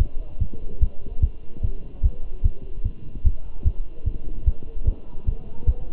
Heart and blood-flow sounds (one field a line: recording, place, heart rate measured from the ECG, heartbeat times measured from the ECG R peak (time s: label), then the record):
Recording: heart sounds by stethoscope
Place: between the tricuspid and mitral areas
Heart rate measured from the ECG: 148 bpm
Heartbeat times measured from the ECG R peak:
0.00 s: heartbeat
0.41 s: heartbeat
0.82 s: heartbeat
1.23 s: heartbeat
1.64 s: heartbeat
2.04 s: heartbeat
2.45 s: heartbeat
2.86 s: heartbeat
3.26 s: heartbeat
3.66 s: heartbeat
4.07 s: heartbeat
4.47 s: heartbeat
4.88 s: heartbeat
5.28 s: heartbeat
5.68 s: heartbeat
From the record:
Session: Bruce protocol treadmill stress test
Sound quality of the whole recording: good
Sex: male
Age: 27 years